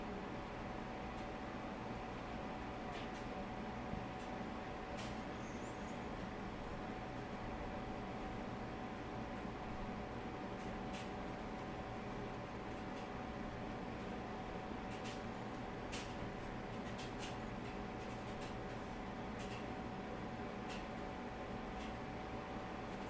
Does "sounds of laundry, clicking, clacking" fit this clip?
yes